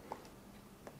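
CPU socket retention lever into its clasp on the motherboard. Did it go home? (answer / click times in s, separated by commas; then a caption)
no / none. The metal retention arm of an AM4 CPU socket, with the processor seated, is handled and lowered toward its plastic clasp on the motherboard. Two faint, short ticks of handling are heard at about 0.1 s and 0.9 s over quiet background. The arm has not yet clicked into the clasp.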